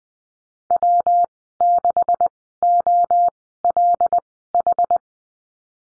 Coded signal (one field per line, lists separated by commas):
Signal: Morse code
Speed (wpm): 20 wpm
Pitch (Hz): 700 Hz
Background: none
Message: W6OLH